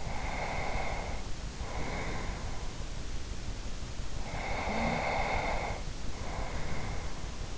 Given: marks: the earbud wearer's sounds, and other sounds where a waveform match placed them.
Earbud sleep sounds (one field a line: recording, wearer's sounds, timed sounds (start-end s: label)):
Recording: sounds in sleep by an in-ear microphone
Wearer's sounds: breath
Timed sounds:
0.15-2.83 s: breath
4.29-7.58 s: breath